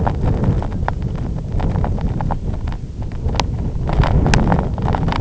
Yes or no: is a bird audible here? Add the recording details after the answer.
no. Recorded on Arctic tundra, site IGLO-F, on 23 June 2018. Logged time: 12:00